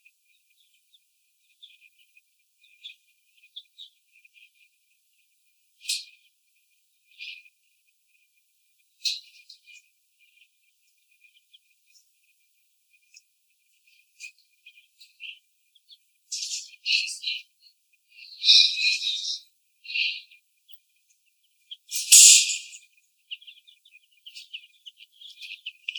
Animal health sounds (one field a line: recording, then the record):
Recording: young laying hens in a cage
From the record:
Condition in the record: before the stressor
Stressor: sudden umbrella opening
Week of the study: 2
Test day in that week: 1